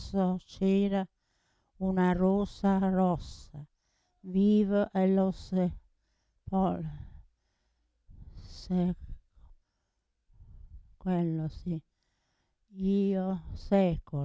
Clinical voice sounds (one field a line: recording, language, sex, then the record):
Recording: read passage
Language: Italian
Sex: female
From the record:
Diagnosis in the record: Parkinson's disease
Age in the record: 80 years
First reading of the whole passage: 169 s, 3.1 characters per second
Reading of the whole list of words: 101 s, 2.8 characters per second